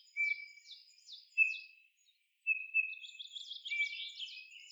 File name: Pyrrhula pyrrhula